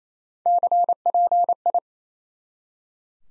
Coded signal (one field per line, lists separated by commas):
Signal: Morse code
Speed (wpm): 28 wpm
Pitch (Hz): 700 Hz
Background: none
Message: CPI